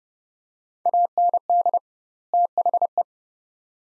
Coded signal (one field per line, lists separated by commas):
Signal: Morse code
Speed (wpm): 30 wpm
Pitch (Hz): 700 Hz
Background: none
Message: AND THE